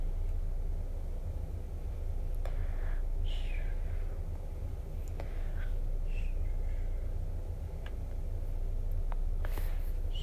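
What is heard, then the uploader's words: Someone doing makeup, with a steady low hum underneath throughout. Brief soft brushing swishes and small clicks or taps come every second or two, with a sharper tap near the end. Get relaxed in this role play ASMR as I do your makeup while you unwind. Doing your makeup.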